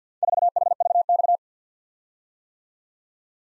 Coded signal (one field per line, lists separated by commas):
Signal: Morse code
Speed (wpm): 52 wpm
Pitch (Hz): 700 Hz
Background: none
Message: 4HVX